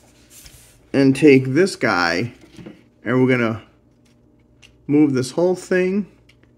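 Someone talks while handling a Studio Series Gamer Edition Optimus Prime Voyager Transformers figure, moving a whole plastic body section during transformation toward its locked position. Faint handling taps are heard between the words, and the section has not yet snapped into place by the end.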